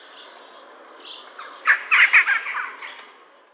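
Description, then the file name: Jackdaw calls: a brief run of several loud, harsh squawks packed together midway, over a soft background hiss. "KAWKA"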